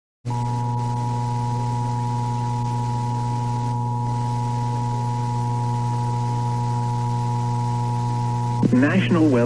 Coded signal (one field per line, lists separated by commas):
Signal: Emergency Alert System (SAME) tones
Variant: 853 and 960 Hz attention tone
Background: speech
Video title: IP Radio Captures From March 2021 EAS#141-142